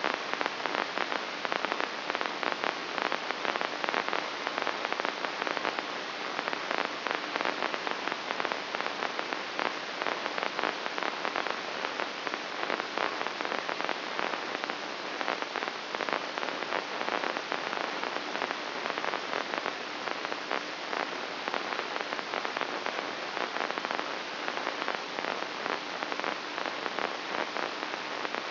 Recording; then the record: brain microelectrode recording played as sound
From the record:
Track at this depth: inside the subthalamic nucleus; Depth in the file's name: 5.462 mm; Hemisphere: left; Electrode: 3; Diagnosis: Parkinson's disease